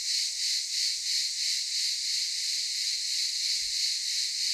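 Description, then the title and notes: Cicadas in a brief stretch of loud, pulsing high buzz, the rhythm rising and falling a few times per second. Several cicadas calling in daytime at Aylak Yaşam Camp, Çıralı, Kemer, Antalya, Turkey. "Ulupınar Mahallesi, Çıralı Yolu, 07980 Kemer/Antalya, Turkey - Cicadas daytime. Aylak Yaşam Camp, cicadas in daytime"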